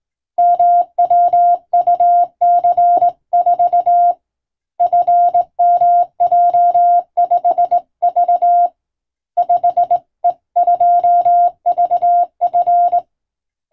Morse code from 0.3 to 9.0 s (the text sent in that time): MWUC4 FMJ5V